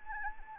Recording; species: mosquito wingbeat signal from an infrared sensor; Anopheles gambiae